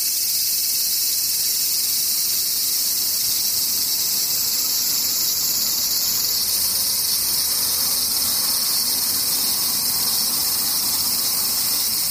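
Cicadas drone in a dense, unbroken high-pitched buzz that holds steady for the whole stretch, with a faint softer rumble underneath.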